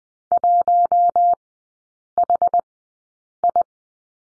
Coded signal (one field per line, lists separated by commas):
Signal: Morse code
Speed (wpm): 20 wpm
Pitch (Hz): 700 Hz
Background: none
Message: 1HI